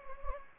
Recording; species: mosquito wingbeat signal from an infrared sensor; Anopheles gambiae